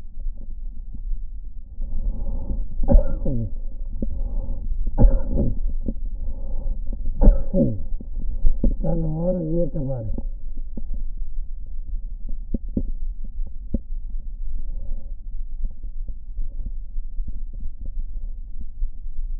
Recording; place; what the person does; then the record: lung sounds by stethoscope; left anterior apical chest; quiet breathing, then cough and speech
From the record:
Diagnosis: COPD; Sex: male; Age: 77 years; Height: 172 cm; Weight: 85.2 kg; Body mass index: 28.8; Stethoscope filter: diaphragm mode